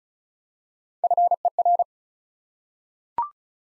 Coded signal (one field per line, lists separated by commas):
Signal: Morse code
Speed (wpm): 36 wpm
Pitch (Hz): 700 Hz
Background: none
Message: FER